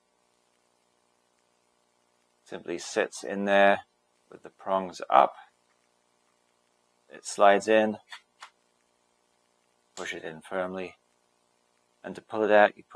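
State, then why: Seated. A plastic-cased battery pack for a Bigly Brothers Walker-Air Mini SE FPV drone, prongs up, is slid into its battery bay at the back of the drone and pushed home while someone talks. A single sharp tick-like click is heard at 8.4 s as the battery seats.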